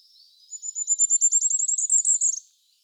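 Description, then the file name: Firecrest song, one thin high-pitched strophe of quick repeated notes rising toward a short terminal flourish. "ROITELET TRIPLE NORMAL MONO"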